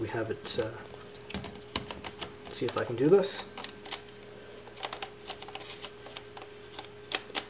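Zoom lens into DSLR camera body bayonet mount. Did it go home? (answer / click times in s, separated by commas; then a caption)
yes / 7.2 s, 7.4 s. An 18-55mm kit zoom lens is fitted onto the bayonet mount of a Canon T3i / 600D DSLR body and rotated to the left until it locks in place, while someone talks over a faint steady hum and scattered small handling clicks. Two sharp clicks at 7.2 s and 7.4 s mark the lens seating and locking onto the camera mount.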